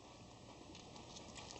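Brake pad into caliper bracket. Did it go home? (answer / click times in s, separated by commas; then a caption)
yes / 1.5 s. A metal brake pad is turned and pushed down into the caliper bracket of a Ford 8.8 axle during a brake rotor and pad replacement. Low scraping and shuffling leads to a short sharp snap at 1.5 s as the pad pops into place, seated.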